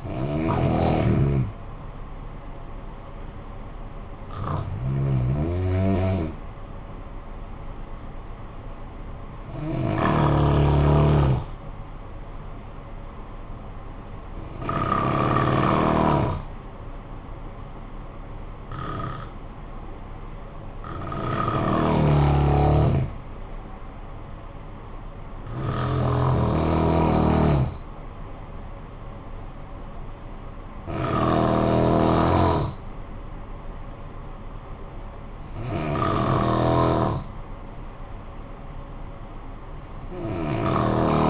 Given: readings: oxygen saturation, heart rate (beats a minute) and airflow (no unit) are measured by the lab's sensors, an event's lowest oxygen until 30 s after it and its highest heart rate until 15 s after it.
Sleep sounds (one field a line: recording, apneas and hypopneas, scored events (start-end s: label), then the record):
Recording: breathing in sleep by a smartphone at the bedside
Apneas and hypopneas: 1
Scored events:
11.00-21.50 s: hypopnea (N2, oxygen 95% highest, then 91% lowest, heart rate 60 at the start, 62 highest)
From the record:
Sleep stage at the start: N2 (light sleep)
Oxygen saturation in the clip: 89 to 95%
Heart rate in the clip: 51 to 62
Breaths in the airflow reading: 9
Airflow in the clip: -8.8 to 8.7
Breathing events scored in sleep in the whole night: 445 in 7.6 hours asleep